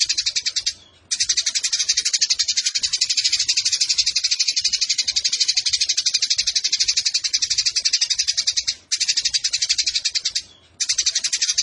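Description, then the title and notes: Eurasian tree sparrow delivering a rapid, rattling high chatter in long unbroken runs, broken by a few short pauses. Fighting-style sparrow with long 'nembak panjang' shooting chatter and clear voice, used as a tutor recording for birds entered in song competitions. "GEREJA TARUNG NEMBAK PANJANG SUARA JERNIH MASTERAN WAJIB BURUNG LOMBA. Burung Gereja"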